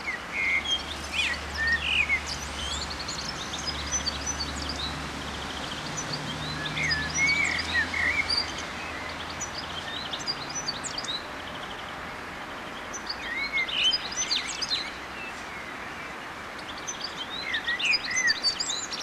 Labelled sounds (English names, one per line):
Common Blackbird song